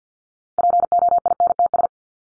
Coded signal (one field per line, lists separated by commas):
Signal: Morse code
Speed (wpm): 48 wpm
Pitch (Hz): 700 Hz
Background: none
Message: POINTS